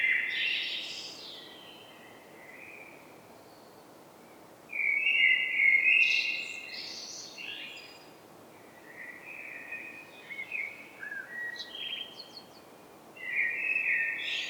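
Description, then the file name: Eurasian blackbird song: fluty phrases separated by pauses, some ending in higher, scratchier notes. "Turdus merula"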